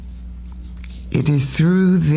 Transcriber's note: breaths